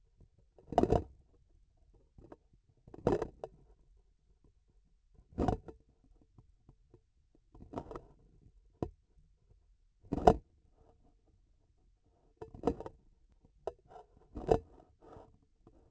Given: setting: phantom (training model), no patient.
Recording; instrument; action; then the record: laparoscopic instrument, vibration sensor on the handle end; grasping forceps; opening and closing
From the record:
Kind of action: tool actuation without material contact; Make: Olympus